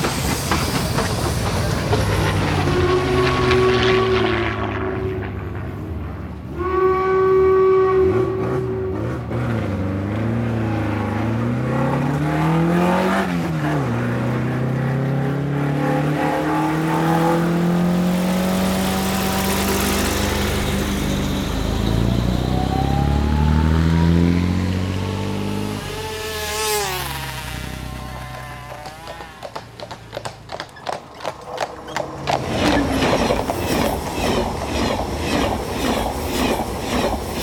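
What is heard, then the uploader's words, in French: A train rolls past with a steady low rumble under shifting, squealing metal tones that bend up and down through the first half. Around the twenty-seven second mark a sharp bright screech rises, and after thirty seconds a quick, regular clickety-clack of wheels over rail joints takes over. Sons exceptionnels de moyens de transport anciens et actuels.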